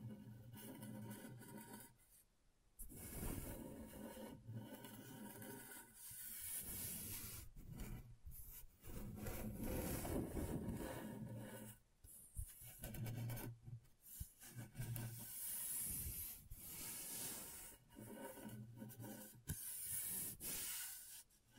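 Scratchboard being scraped in dense, raspy strokes with short pauses, bright hissing scratches over a low rubbing undertone throughout.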